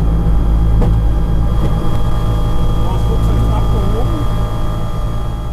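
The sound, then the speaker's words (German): A loud, steady engine drone fills the cockpit of an Antares motor glider during takeoff, just as the wheels stop rumbling on the runway after accelerating to nearly 100 km/h. A constant low rumble with a sustained hum runs through it with no pauses, while a faint voice briefly murmurs underneath. “Dann hört das dumpfe Rumpeln der Räder plötzlich auf und im Cockpit ist nur noch der Motor zu hören.”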